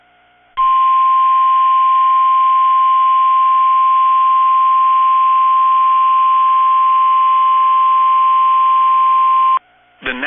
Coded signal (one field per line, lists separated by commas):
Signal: Emergency Alert System (SAME) tones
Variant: 1050 Hz attention tone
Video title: Severe Thunderstorm Warnings (EAS 2301-2303) 4/28/23